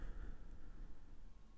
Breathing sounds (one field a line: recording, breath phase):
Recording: one breath near a microphone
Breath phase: exhalation